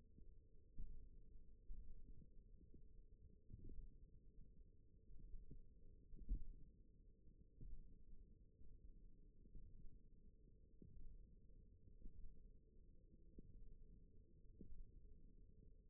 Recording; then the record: forearm muscle sounds (acoustic myography)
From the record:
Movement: thumb flexion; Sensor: system 1, eight BSWA MPA416 microphones around the upper forearm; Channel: 1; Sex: female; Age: 20 years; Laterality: right